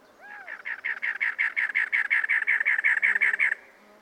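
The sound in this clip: Cactus wren song: a harsh, chugging run of many rasping notes that grows louder, then stops abruptly.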